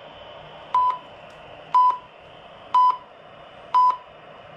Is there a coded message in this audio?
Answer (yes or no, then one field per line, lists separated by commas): no